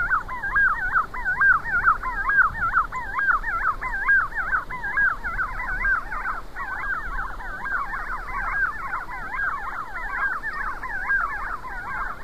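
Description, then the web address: Puna tinamou calls: a dense, continuous chorus of wavering, whistled notes in the mid range, overlapping and repeating steadily, with a low background hiss throughout. South America. "Natures Songs S America Puna Tinamou"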